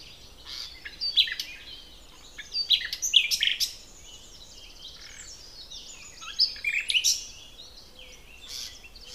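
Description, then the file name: Common nightingale singing in rich, varied phrases of sharp chirps and fast trills, several bursts with brief quieter gaps between. "Luscinia megarhynchos"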